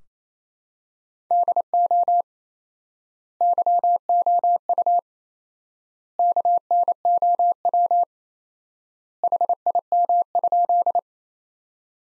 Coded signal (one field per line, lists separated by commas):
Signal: Morse code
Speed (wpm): 28 wpm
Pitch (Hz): 700 Hz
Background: none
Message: DO YOU KNOW HIM?